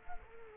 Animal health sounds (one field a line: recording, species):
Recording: mosquito wingbeat signal from an infrared sensor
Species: Culex quinquefasciatus